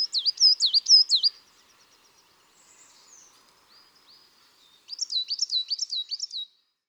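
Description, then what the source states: Coal tit singing a bright, bouncing run of repeated two-note phrases, a quieter pause of a few seconds, then a second similar burst. 9 March.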